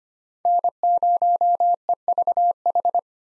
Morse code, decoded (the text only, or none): N0EVH